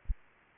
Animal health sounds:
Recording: mosquito wingbeat signal from an infrared sensor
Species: Aedes aegypti

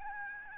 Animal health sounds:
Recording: mosquito wingbeat signal from an infrared sensor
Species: Aedes albopictus

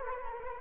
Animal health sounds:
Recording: mosquito wingbeat signal from an infrared sensor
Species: Anopheles arabiensis

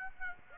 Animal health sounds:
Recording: mosquito wingbeat signal from an infrared sensor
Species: Aedes aegypti

